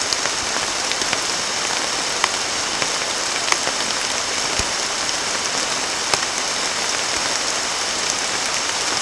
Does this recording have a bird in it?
no